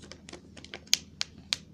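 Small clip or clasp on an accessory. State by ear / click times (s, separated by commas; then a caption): not seated / none. Someone repeatedly tries to close the small, broken clip or clasp on an accessory, making light ticks followed by three sharp clicks around 0.9, 1.2 and 1.5 seconds. The clasp does not fasten; nothing has seated or clicked shut yet.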